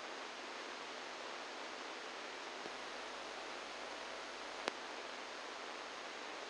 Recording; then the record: brain microelectrode recording played as sound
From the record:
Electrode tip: inside the subthalamic nucleus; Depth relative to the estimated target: -3 mm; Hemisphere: right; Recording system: NeuroSet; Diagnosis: Parkinson's disease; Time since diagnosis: 10 years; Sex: male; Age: 63 years